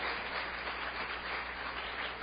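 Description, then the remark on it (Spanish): A crowd at a sermon applauds for Jesus Christ, a dense wash of many hands clapping steadily at an even loudness for a couple of seconds, with no voices standing out. “Dele ese aplauso fuerte a Jesucristo, el Señor.”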